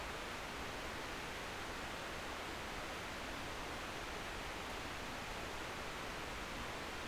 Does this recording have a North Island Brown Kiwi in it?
no